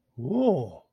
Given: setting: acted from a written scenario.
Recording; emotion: vocal sound without words; awe